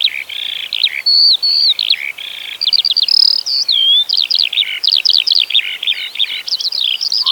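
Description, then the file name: Eurasian skylark song: fast, unbroken warbling with clear rising whistles mixed among chattering trills and buzzy phrases. "zhavoronok polevojj"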